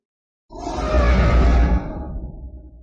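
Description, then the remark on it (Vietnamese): After a brief silence, an ash-grey creature under attack lets out a deep, thunderous roar, heavy with low rumble, which holds loud for about a second, then tapers into a fading, gravelly growl. “Tiếng gầm thét trầm thấp như tiếng sấm, làm cho máu huyết trong cơ thể con người sôi trào cả lên.”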